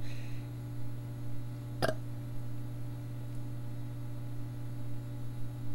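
One sharp, abrupt hiccup from an adult woman over a steady electrical hum; the hiccups were deliberately self-induced and brought on by a lot of burping.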